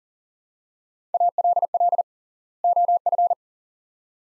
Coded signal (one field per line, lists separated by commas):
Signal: Morse code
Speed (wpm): 40 wpm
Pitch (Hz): 700 Hz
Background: none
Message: ALL OF